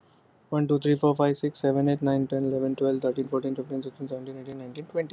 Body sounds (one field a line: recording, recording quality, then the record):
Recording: counting at a normal pace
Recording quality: excellent, no background noise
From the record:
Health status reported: healthy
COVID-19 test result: negative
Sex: male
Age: 30 years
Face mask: not worn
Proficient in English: yes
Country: India